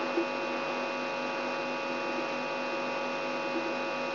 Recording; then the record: brain microelectrode recording played as sound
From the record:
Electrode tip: inside the subthalamic nucleus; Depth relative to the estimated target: 0 mm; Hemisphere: right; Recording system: AlphaMap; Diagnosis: Parkinson's disease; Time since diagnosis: 12 years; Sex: female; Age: 65 years